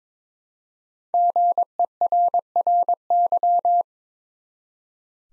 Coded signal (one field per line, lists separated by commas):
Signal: Morse code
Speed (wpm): 22 wpm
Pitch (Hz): 700 Hz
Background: none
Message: GERRY